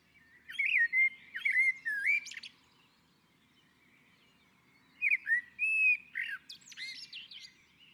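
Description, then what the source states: Common blackbird delivers two warbling, whistled phrases, each ending in squeaky high notes, with a short silence between. On a roof.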